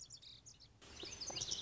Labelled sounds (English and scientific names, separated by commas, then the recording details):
Lazuli Bunting (Passerina amoena)
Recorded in Sonoma County, California